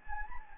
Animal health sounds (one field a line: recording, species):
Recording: mosquito wingbeat signal from an infrared sensor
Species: Anopheles gambiae